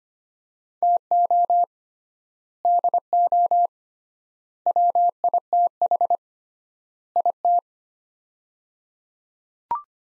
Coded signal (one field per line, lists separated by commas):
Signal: Morse code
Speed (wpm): 25 wpm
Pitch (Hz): 700 Hz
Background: none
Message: TO DO WITH IT